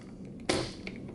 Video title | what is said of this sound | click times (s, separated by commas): SafeLogic Entrypad and Lock Replacement - SecuRam | so again to take it off the safe you're gonna push up till you hear it click pull out | 0.5 s